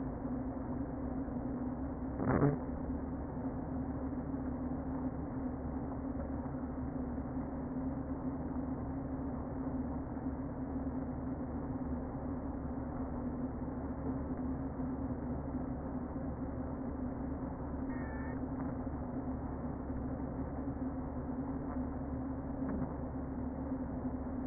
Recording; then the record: honeybee colony, microphone inside the hive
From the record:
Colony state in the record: queen present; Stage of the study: before two queens were removed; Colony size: about 60,000 bees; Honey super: yes